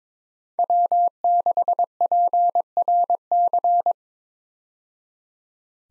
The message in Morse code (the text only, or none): W6PRC